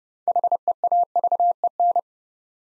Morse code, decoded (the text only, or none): HEAVEN